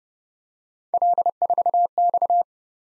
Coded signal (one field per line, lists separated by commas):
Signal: Morse code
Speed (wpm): 30 wpm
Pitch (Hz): 700 Hz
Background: none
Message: L4X